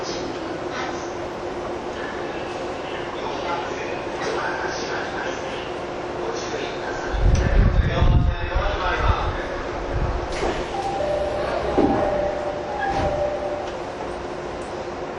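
A TWR 70-000 series train on a Saikyo Line rapid run keeps up a steady rumble with a constant low hum underneath. Around seconds 7 to 9 a heavy, thudding surge swells and then eases. Faint voices and a brief whine follow near 12 seconds.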